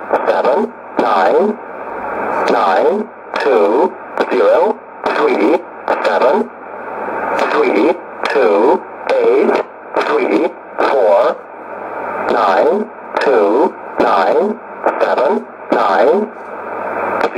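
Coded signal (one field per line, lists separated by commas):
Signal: numbers station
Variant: E07a, English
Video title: 09 02 2019 E07a English Man Numbers station in English to Eu 0925 on 12153 unknown tx site USB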